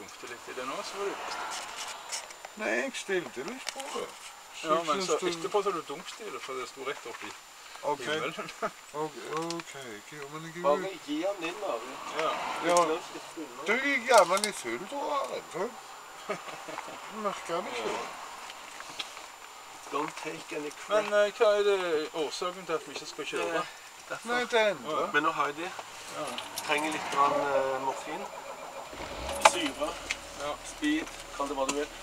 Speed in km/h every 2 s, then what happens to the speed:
0, 0, 0, 0, 0, 0, 0, 0, 0, 0, 0, 0, 0, 0, 0, 0.
0-32 standing.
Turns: none.